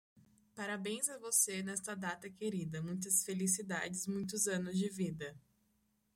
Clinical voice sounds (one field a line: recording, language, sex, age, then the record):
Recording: short text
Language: Brazilian Portuguese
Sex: female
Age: 20 to 29 years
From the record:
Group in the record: control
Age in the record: 21 years